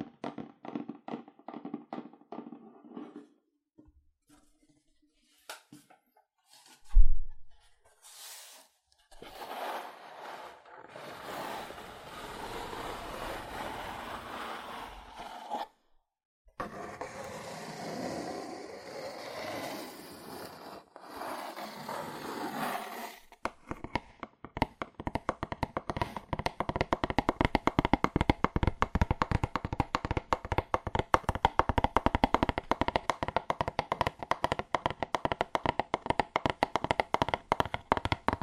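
Fast, aggressive tapping on cardboard. It opens with scattered taps and a single heavy thump near seven seconds, then two long stretches of dense scratchy rubbing split by a short pause, and from about 23 seconds a rapid, steady run of crisp taps to the end.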